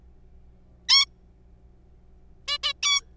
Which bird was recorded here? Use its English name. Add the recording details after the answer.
Zebra Finch. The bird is a juvenile. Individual R3428